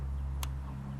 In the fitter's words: the Trap you'll hear a distinct click once that click is heard